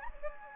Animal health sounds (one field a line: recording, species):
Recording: mosquito wingbeat signal from an infrared sensor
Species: Anopheles gambiae